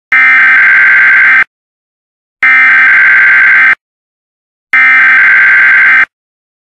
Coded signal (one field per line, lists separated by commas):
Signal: Emergency Alert System (SAME) tones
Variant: header bursts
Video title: Mock EAS Tornado Warning for Chicago